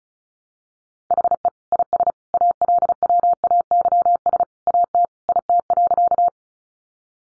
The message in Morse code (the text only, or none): HE IS ALWAYS AT IT.